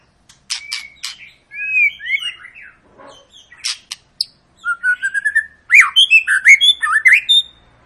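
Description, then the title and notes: White-rumped shama delivering sharp clicks, looping whistles and a fast series of repeated rising notes, ending in loud varied fluty phrases. Long continuous lure song of a shama singing prolifically, meant to prompt other birds to sing. "Pancingan Murai Batu Gacor Panjang. muraiku"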